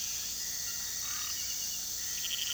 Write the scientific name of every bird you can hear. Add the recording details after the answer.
none. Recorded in pastures near Puerto Asís, Putumayo, Colombia, on 18 February 2024 at 04:00. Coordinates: 0.466, -76.323. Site G6384